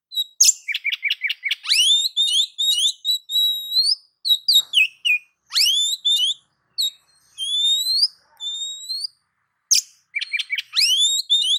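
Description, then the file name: Oriental magpie-robin singing a rich, varied song of rapid chips, clear whistles and sweeping slurred notes, with short pauses between phrases. "Suara Kacer"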